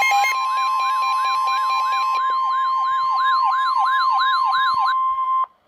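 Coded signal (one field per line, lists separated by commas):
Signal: Emergency Alert System (SAME) tones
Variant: 1050 Hz attention tone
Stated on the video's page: Special Marine Warning for Lake Okeechobee received from NOAA weather radio station WXK83A Sebring, Florida.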